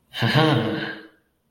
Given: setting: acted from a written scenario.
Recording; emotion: vocal sound without words; triumph